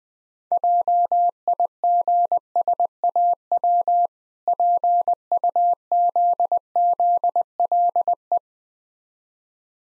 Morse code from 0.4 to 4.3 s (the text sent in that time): JIGSAW